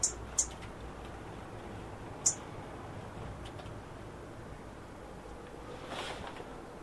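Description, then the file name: European robin calls: three brief, very high ticks near the start, then a soft rushing noise around six seconds over a quiet hiss. "Erithacus rubecula"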